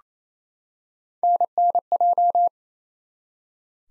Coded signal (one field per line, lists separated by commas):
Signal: Morse code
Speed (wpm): 28 wpm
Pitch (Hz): 700 Hz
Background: none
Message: NNJ